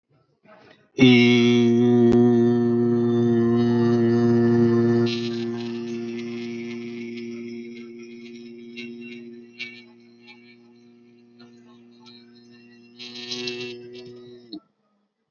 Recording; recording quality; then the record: sustained vowel as in beet; excellent, no background noise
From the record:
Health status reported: exposed to COVID-19, no respiratory illness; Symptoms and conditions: none ticked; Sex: male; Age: 32 years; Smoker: yes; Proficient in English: yes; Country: India